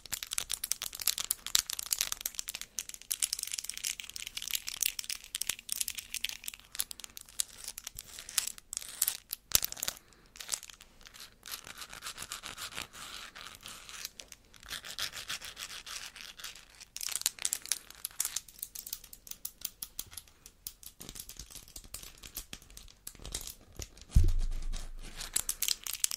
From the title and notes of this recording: Asmr extra long nail clacking.